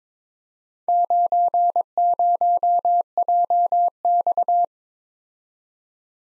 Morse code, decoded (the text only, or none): 90JX